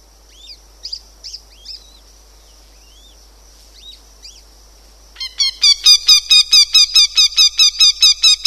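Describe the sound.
Northern goshawk giving a harsh, rapid series of repeated cackling notes in the second half, after thin, high squeaky calls and a faint steady high tone.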